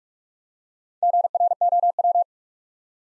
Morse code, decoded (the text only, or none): GROW